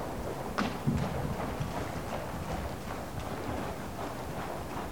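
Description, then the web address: Horse hooves clopping in an uneven rhythm, soft knocks in quick succession against a constant noisy background. From the BBC Sound Effects Library, CD 38, Horses # 2 collection. "The BBC Sound Effects Library - Complete 60 CDs Collection Sound Effects Library (Horses # 2 and Dogs)"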